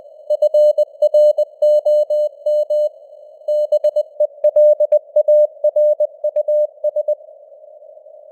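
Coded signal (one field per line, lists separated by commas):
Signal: Morse code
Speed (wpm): 20 wpm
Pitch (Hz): 600 Hz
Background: none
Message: FROM BELARUS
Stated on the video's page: News headlines in Morse at 20 wpm with simulated radio noise and varying signal strength (QSB).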